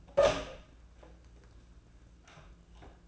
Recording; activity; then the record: daily activity, microphone in the room; open door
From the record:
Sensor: 2